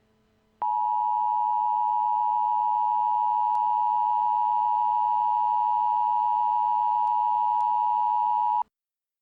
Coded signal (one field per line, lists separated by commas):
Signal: Emergency Alert System (SAME) tones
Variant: 853 and 960 Hz attention tone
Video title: EAS | The Plague